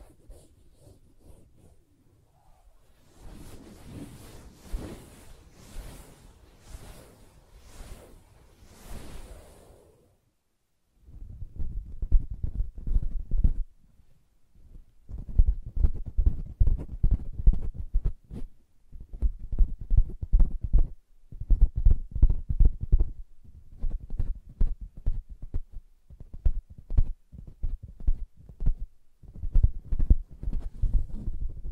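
Fingers tap and scratch on a soft fabric surface. From about 3 to 10 seconds a brighter, hissing scratching runs in short repeated strokes, then after a brief silence heavier, muffled taps and rubbing come in dense, uneven clusters through the end.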